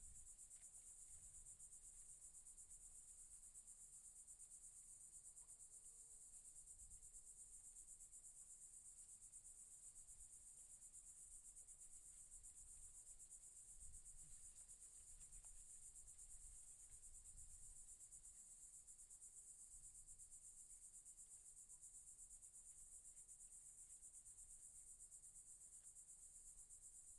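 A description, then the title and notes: Insects keep up a dense, unbroken high shrill that never changes across the whole stretch. Underneath, wind rumbles low, swelling in soft gusts around seven, fourteen and seventeen seconds before settling back to a steady murmur. Mangrove near Old US Highway 1.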